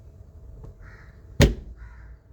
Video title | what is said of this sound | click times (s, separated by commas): How to replace smart key antenna in center console of Kia Sportage | Take the gear knob and push it straight down onto the shifter shaft until it snaps into place. | 1.4 s